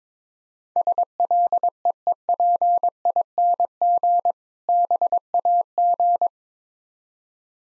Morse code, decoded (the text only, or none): SLEEPING BAG